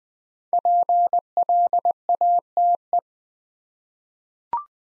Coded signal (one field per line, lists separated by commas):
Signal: Morse code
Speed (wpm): 20 wpm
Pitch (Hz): 700 Hz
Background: none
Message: PLATE